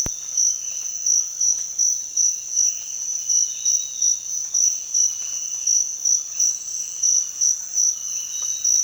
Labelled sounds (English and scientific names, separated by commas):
none